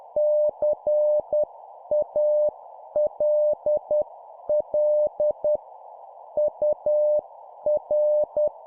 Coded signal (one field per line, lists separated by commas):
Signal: Morse code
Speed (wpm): 10 wpm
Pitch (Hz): 600 Hz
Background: none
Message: CALL UR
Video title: 10wpm CQ contact Example QSO Template, CW morse code Copy Speed improvement